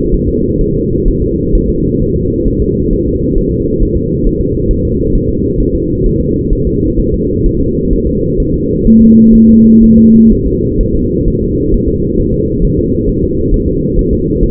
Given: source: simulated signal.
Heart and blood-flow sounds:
fetal heart sounds
0.14 s: S1
0.28 s: S2
0.61 s: S1
0.75 s: S2
1.08 s: S1
1.22 s: S2
1.55 s: S1
1.69 s: S2
2.02 s: S1
2.16 s: S2
2.48 s: S1
2.62 s: S2
2.93 s: S1
3.07 s: S2
3.38 s: S1
3.52 s: S2
3.82 s: S1
3.97 s: S2
4.27 s: S1
4.41 s: S2
4.71 s: S1
4.85 s: S2
5.15 s: S1
5.29 s: S2
5.60 s: S1
5.75 s: S2
6.06 s: S1
6.20 s: S2
6.53 s: S1
6.67 s: S2
6.99 s: S1
7.14 s: S2
7.46 s: S1
7.60 s: S2
7.93 s: S1
8.07 s: S2
8.40 s: S1
8.54 s: S2
8.87 s: S1
9.01 s: S2
9.35 s: S1
9.49 s: S2
9.84 s: S1
9.98 s: S2
10.32 s: S1
10.46 s: S2
10.81 s: S1
10.95 s: S2
11.28 s: S1
11.42 s: S2
11.74 s: S1
11.88 s: S2
12.20 s: S1
12.34 s: S2
12.65 s: S1
12.79 s: S2
13.09 s: S1
13.23 s: S2
13.54 s: S1
13.68 s: S2
13.99 s: S1
14.13 s: S2
14.43 s: S1
From the record:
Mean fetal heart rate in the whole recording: 130 bpm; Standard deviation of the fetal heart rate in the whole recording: 4 bpm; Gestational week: 38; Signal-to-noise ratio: -10.2 dB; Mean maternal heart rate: 72 bpm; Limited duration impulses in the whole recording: present

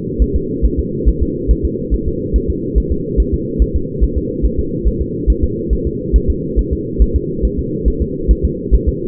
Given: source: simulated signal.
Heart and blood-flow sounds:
fetal heart sounds
0.22 s: S1
0.36 s: S2
0.65 s: S1
0.80 s: S2
1.09 s: S1
1.23 s: S2
1.51 s: S1
1.65 s: S2
1.94 s: S1
2.08 s: S2
2.36 s: S1
2.50 s: S2
2.78 s: S1
2.92 s: S2
3.20 s: S1
3.34 s: S2
3.62 s: S1
3.76 s: S2
4.04 s: S1
4.18 s: S2
4.45 s: S1
4.59 s: S2
4.88 s: S1
5.02 s: S2
5.30 s: S1
5.44 s: S2
5.73 s: S1
5.87 s: S2
6.16 s: S1
6.30 s: S2
6.59 s: S1
6.73 s: S2
7.02 s: S1
7.16 s: S2
7.45 s: S1
7.59 s: S2
7.88 s: S1
8.02 s: S2
8.31 s: S1
8.45 s: S2
8.75 s: S1
8.89 s: S2
From the record:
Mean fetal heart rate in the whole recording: 140 bpm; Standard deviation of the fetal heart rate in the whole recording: 2 bpm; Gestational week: 34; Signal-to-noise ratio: -6.6 dB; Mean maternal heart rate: 72 bpm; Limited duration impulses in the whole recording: present

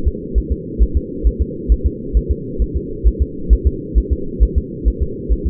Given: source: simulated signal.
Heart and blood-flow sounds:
fetal heart sounds
0.08 s: S2
0.38 s: S1
0.52 s: S2
0.82 s: S1
0.97 s: S2
1.27 s: S1
1.42 s: S2
1.72 s: S1
1.86 s: S2
2.17 s: S1
2.31 s: S2
2.62 s: S1
2.76 s: S2
3.07 s: S1
3.22 s: S2
3.53 s: S1
3.67 s: S2
3.98 s: S1
4.12 s: S2
4.43 s: S1
4.58 s: S2
4.88 s: S1
5.02 s: S2
5.32 s: S1
5.47 s: S2
From the record:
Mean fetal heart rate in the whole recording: 135 bpm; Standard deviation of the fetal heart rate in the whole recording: 3 bpm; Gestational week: 34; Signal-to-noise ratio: -4.3 dB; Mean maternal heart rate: 72 bpm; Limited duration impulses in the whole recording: absent

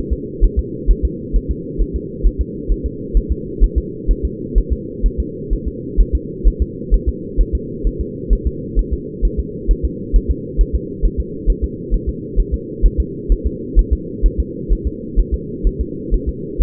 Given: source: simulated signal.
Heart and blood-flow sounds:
fetal heart sounds
0.13 s: S2
0.44 s: S1
0.59 s: S2
0.91 s: S1
1.05 s: S2
1.36 s: S1
1.51 s: S2
1.82 s: S1
1.96 s: S2
2.26 s: S1
2.41 s: S2
2.72 s: S1
2.86 s: S2
3.17 s: S1
3.32 s: S2
3.64 s: S1
3.78 s: S2
4.11 s: S1
4.25 s: S2
4.58 s: S1
4.73 s: S2
5.06 s: S1
5.20 s: S2
5.53 s: S1
5.68 s: S2
6.01 s: S1
6.15 s: S2
6.48 s: S1
6.62 s: S2
6.94 s: S1
7.09 s: S2
7.41 s: S1
7.55 s: S2
7.87 s: S1
8.01 s: S2
8.33 s: S1
8.47 s: S2
8.79 s: S1
8.94 s: S2
9.25 s: S1
9.39 s: S2
9.71 s: S1
9.85 s: S2
10.16 s: S1
10.31 s: S2
10.61 s: S1
10.75 s: S2
11.05 s: S1
11.20 s: S2
11.50 s: S1
11.64 s: S2
11.94 s: S1
12.09 s: S2
12.40 s: S1
12.54 s: S2
12.86 s: S1
13.00 s: S2
13.32 s: S1
13.47 s: S2
13.79 s: S1
13.93 s: S2
14.26 s: S1
14.40 s: S2
14.73 s: S1
14.87 s: S2
15.20 s: S1
15.34 s: S2
15.67 s: S1
15.81 s: S2
16.14 s: S1
16.29 s: S2
16.62 s: S1
From the record:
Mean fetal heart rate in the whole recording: 130 bpm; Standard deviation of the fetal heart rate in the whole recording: 2 bpm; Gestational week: 36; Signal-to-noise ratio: -4.1 dB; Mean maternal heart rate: no maternal heart sound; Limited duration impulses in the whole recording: absent

